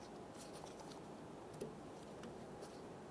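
A plastic retaining clip on the tailgate latch actuator rod of a 2014–2018 Chevrolet Silverado 1500 is closed over the rod after the rod is installed. Over a steady low background hiss and faint rubbing, a single faint snap lands at 1.6 s as the clip seats closed on the rod.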